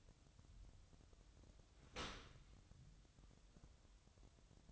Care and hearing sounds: daily activity, microphone in the room; open dishwasher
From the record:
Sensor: 3

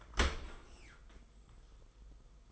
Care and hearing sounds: daily activity, microphone in the room; open dishwasher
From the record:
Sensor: 5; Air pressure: 990.6 hPa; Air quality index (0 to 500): 162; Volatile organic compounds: 281 ppm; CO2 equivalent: 4438 ppm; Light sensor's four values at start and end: 37/113/44/46 and 37/114/44/47

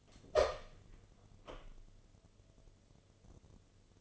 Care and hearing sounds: daily activity, microphone in the room; open door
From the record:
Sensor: 4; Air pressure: 1016.0 hPa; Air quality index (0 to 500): 202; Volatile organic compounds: 11 ppm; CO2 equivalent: 2308 ppm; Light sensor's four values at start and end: 9/20/8/7 and 9/20/8/7

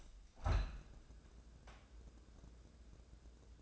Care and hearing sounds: daily activity, microphone in the room; open window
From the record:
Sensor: 2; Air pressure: 1012.3 hPa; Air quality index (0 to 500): 110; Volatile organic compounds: 1 ppm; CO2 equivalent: 825 ppm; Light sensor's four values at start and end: 111/266/110/109 and 111/266/110/109

